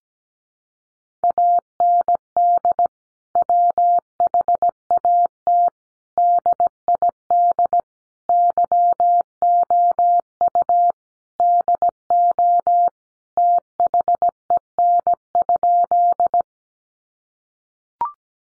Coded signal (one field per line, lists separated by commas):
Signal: Morse code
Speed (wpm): 17 wpm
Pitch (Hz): 700 Hz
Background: none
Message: AND WHAT DID YOU DO THEN?